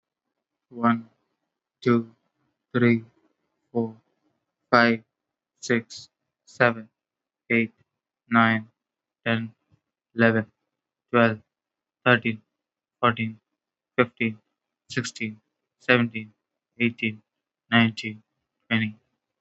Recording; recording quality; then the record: counting at a normal pace; excellent, no background noise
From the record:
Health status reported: healthy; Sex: male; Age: 19 years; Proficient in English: yes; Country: India